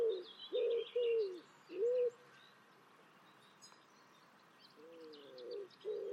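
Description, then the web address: Bird calls: a few low cooing notes, a pause with faint high chirps, then the cooing resumes. "birddata Deverinetal 2025 Bird Only"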